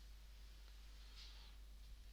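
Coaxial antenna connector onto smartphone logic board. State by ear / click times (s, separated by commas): not seated / none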